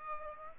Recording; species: mosquito wingbeat signal from an infrared sensor; Aedes aegypti